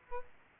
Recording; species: mosquito wingbeat signal from an infrared sensor; Aedes albopictus